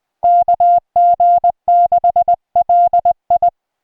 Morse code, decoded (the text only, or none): KG6LI